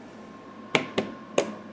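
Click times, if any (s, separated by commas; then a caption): 0.8 s, 1.4 s. A DDR4 memory stick, lined up by its notch, is pressed into a motherboard DIMM slot during a Cooler Master MasterBox Q300L system build. Sharp clicks ring out at 0.8 s and 1.4 s, with a softer tap at 1.0 s in between, over a quiet steady hum. The module seats in the slot.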